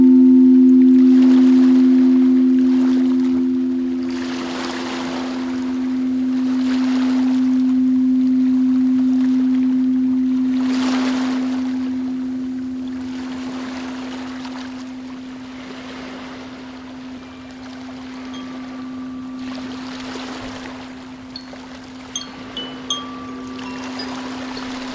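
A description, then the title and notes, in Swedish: A singing bowl hums a steady, low-middle tone that rings on throughout, swelling and fading slightly. Soft rushing washes, like waves or wind, rise and fall every few seconds behind it, and a few light, bright chime-like pings appear near the end. Sound healing skålar samt olika ljud från naturen.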